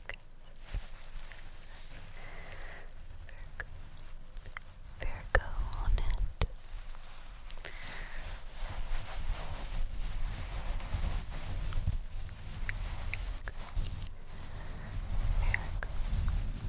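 Fabric rustles and shifts throughout, with a steady low rumble underneath. Soft scraping and brushing swells come in waves, busier around 5–7 seconds and again near the end, punctuated by brief sharp clicks and snaps scattered across the clip.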